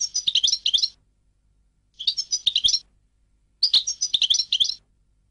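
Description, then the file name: European goldfinch song in three short bursts of liquid, jangling twitters, each lasting about a second and spaced roughly two seconds apart. "audio burung goldfinch"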